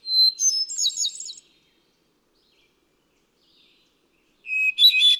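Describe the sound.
Hermit thrush song, a clear steady whistled note then a cascade of fluty echoing notes, a pause of about three seconds, and another phrase beginning on a lower whistle.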